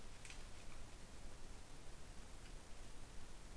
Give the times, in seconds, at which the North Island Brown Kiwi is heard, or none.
none